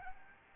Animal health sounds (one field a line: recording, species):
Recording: mosquito wingbeat signal from an infrared sensor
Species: Aedes albopictus